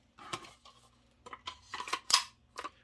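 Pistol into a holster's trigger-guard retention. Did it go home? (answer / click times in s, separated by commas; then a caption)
yes / 2.1 s. A Beretta-style pistol is pushed into a 92FS holster, with several short scraping and knocking sounds as it slides in. It clicks at 2.1 s as the holster's retention locks onto the trigger guard, and the pistol is seated.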